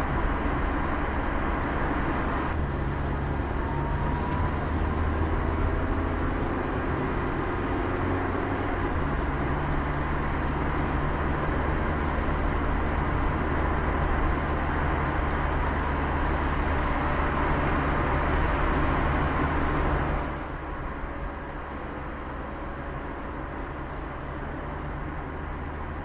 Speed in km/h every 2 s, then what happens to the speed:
59, 59, 56, 54, 53, 53, 53, 56, 58, 56, 56, 54, 50.
0-7 slows to 53. 7-20 steady at about 56. 20-26 slows to 50.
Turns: none.